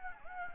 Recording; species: mosquito wingbeat signal from an infrared sensor; Anopheles gambiae